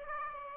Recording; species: mosquito wingbeat signal from an infrared sensor; Aedes aegypti